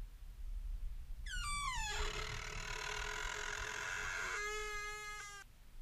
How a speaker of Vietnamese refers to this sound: Ngay lúc ấy, cánh cửa từ từ mở ra.